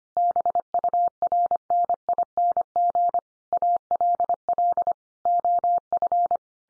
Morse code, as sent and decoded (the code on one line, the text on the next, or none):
-... ..- .-. -. .. -. --. / .- .-.. .-.. / --- ..-.
BURNING ALL OF